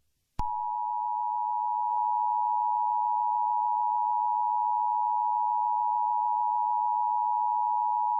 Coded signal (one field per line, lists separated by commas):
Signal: Emergency Alert System (SAME) tones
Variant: 853 and 960 Hz attention tone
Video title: GSMK EAS Scenario: The Horror 2011. Year of the End. (New Year Special!)